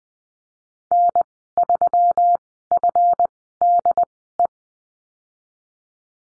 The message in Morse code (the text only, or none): N3FDE